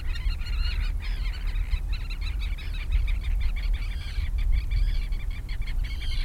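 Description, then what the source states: Gulls calling in a crowd, bursts of clipped overlapping cries with brief gaps, over a constant low rumble. Several seagulls near the sea.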